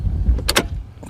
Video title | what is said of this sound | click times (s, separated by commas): I Finally Switched to an EGO Cordless Lawn Mower (my first thoughts) | So we're just gonna slip it in there. Clicks | 0.5 s